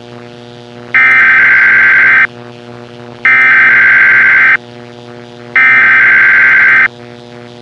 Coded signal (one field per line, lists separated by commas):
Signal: Emergency Alert System (SAME) tones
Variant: header bursts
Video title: The H5N1 Influenza Virus Pandemic An EAS Scenario #easscenario #influenza